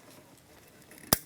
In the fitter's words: Line up the prongs until it clicks.